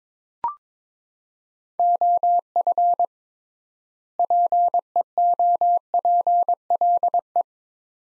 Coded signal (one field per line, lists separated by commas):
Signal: Morse code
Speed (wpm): 22 wpm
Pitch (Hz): 700 Hz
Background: none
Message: OF PEOPLE